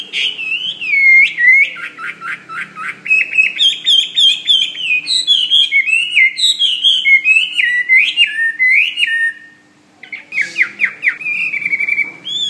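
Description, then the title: Bird song mixing fast chirps, trills and zigzagging whistles, broken by a brief pause before resuming with sharp notes. "SuaraBurung Kicau"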